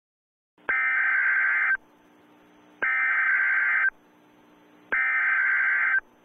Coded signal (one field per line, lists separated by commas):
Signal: Emergency Alert System (SAME) tones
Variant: header bursts